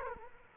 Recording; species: mosquito wingbeat signal from an infrared sensor; Culex quinquefasciatus